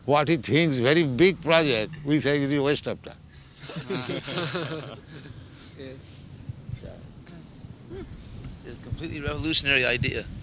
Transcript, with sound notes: What he thinks very big project, we say it is waste of time. [laughter]
Yes.
Jaya. It is a completely revolutionary idea.